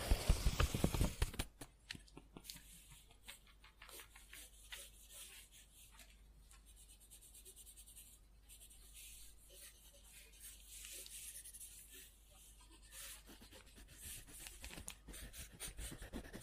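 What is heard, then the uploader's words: Scribbling on paper: a dense, scratchy rustle of quick pen strokes that runs almost without pause. It opens with a loud, sharp burst in the first second, then settles to a softer, steady scratching, swelling slightly again in the last few seconds. Scribbling On Paper.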